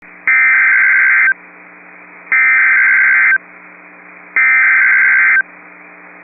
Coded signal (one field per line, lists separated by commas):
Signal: Emergency Alert System (SAME) tones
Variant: header bursts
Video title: Tornado Warning (Burleigh and Kidder, ND) (8/28/24) [EAS #29]